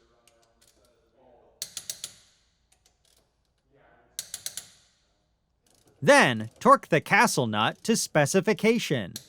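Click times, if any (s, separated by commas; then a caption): 1.6 s, 4.2 s. On a Polaris RZR Turbo R, during front half shaft installation, a torque wrench tightens the wheel nuts on the wheel hub studs to specification in a cross pattern. Two sharp, rapid bursts of clicks sound, one per nut, at 1.6 s and 4.2 s, showing each nut reaching torque. After that, someone talks.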